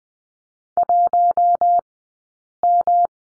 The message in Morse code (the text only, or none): 1M